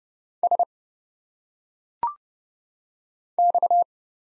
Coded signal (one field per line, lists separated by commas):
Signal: Morse code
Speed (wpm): 30 wpm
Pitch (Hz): 700 Hz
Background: none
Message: S X